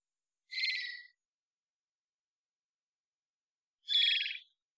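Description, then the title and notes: Varied thrush song: two short rough buzzy notes about three seconds apart, the second slightly louder. Immature, perhaps juvenile bird giving an odd song like warming-up practice; Pacific Northwest, Washington, United States; parabolic single-species recording, processed for clarity, natural pace and rhythm kept. "Varied Thrush - Immature. Varied Thrush, Ixoreus naevius, song, odd, like warming-up practice, perhaps juvenile. Pacific Northwest, Washington, United States"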